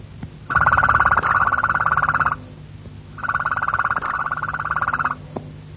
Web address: canarios cantoharz